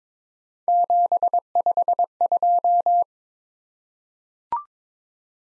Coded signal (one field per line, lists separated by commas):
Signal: Morse code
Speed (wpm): 22 wpm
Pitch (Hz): 700 Hz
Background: none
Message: 752